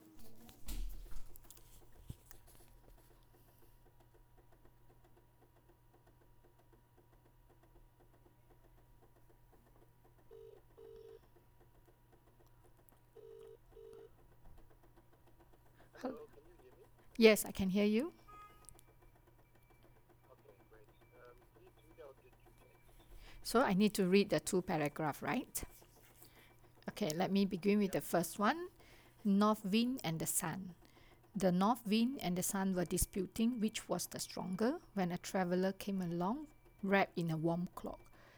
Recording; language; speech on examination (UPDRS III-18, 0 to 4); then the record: text read into a phone; English; 0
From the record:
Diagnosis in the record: healthy control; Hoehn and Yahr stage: 0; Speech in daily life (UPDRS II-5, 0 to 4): 0